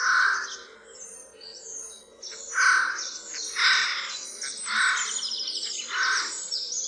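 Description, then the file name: Eurasian jay giving harsh, rasping calls, about five at uneven intervals, with thin high chirps of other small birds running throughout. "SOJKA"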